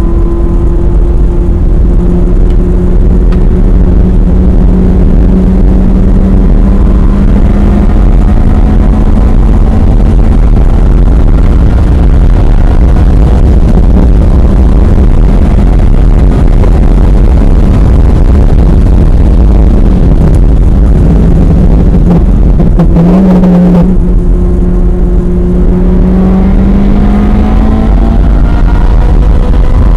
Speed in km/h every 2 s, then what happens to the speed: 124, 127, 135, 147, 156, 164, 167, 175, 182, 161, 124, 97, 108, 130, 138.
0-15 speeds up to 182. 15-21 brakes to 97. 21-27 speeds up to 138.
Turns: none.